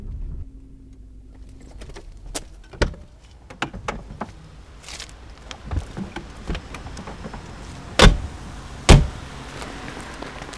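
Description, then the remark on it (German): Car repair workshop ambience: scattered metallic clanks and taps over a steady low hum, building to two loud, sharp bangs near the end. No one speaks. “Ja, und den Wagen hat er hier in diese Werkstatt gebracht.”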